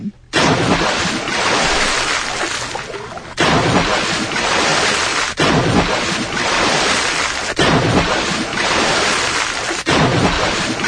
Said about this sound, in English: Do we not have it? Splashes. It's under splashes.